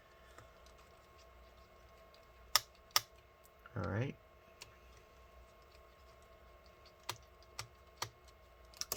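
A PH1 screwdriver spins a captive Phillips heatsink screw out of its motherboard standoff on a Dell Inspiron 15 5565 laptop, with sharp clicks at 2.6 s and 3.0 s showing the screw has backed out of its thread and is free. Someone talks briefly, and further softer clicks follow near the end.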